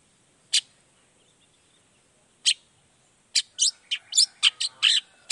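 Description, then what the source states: Long-tailed shrike song: two isolated sharp chips a couple of seconds apart, then a rapid varied series of high notes. Long-tailed shrike in full 'gacor' song in the morning with 'toet toet' sound variation, played to make other shrikes respond quickly.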